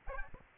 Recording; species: mosquito wingbeat signal from an infrared sensor; Aedes albopictus